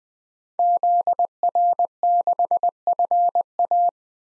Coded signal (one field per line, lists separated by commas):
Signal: Morse code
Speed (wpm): 20 wpm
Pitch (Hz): 700 Hz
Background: none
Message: ZR6FA